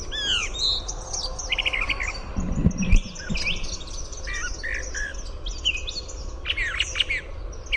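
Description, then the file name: Brown thrasher song: a lively medley of whistles, buzzy notes and downslurs in rapid sequence, with a low background rumble. "BRTH song"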